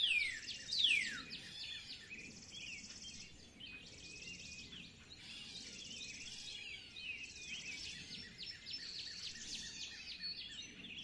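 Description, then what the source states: Bird calls: two loud descending whistled notes open, followed by a continuous chorus of high twittering and trilled chirps from many birds. In spring.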